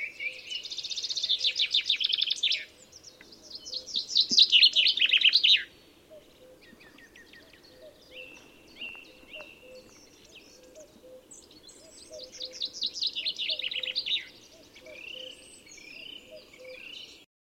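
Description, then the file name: Common chaffinch song: three loud, fast song phrases, each about two seconds long, with softer high notes between them and a low, repeated soft note underneath. "Fringilla coelebs"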